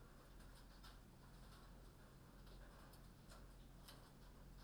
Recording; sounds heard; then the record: poultry house recording; no chicken sound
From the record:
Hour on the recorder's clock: 22